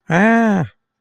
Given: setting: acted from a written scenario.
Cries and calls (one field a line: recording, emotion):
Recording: vocal sound without words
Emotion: distress